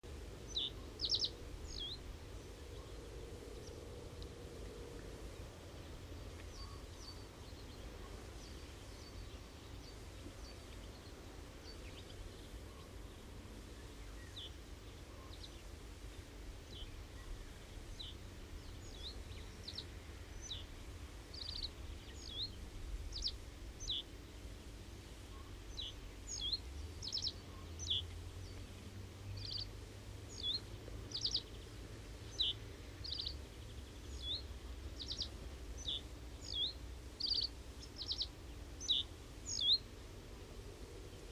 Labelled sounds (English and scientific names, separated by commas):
Reed Bunting (Emberiza schoeniclus) song